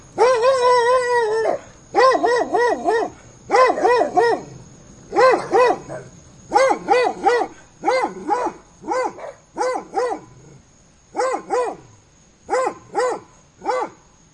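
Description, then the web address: Dog starts with a drawn-out, howling bark, then fires off a long string of clipped barks in clusters. A faint high whine persists throughout. Dog barking on a summer day. "aboiement de chien un jour dete"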